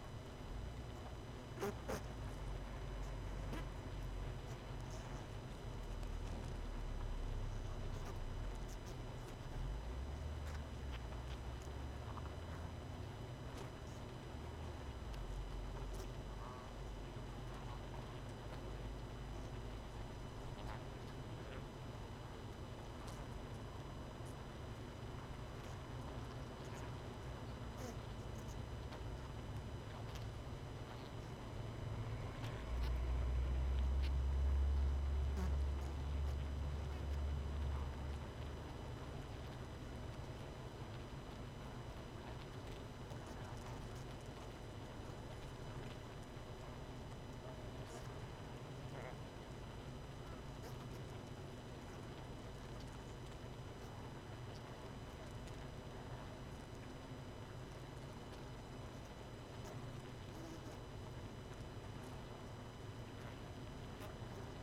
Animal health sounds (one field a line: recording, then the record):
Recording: honeybee colony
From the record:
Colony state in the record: missing queen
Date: 31 May 2018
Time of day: 19:31